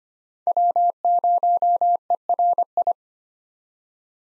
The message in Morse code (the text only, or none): W0ERI